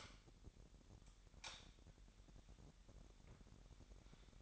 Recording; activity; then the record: daily activity, microphone in the room; light on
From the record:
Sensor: 3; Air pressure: 1011.9 hPa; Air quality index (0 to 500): 230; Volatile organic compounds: 5 ppm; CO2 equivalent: 1707 ppm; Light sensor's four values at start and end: 15/35/15/15 and 17/44/18/18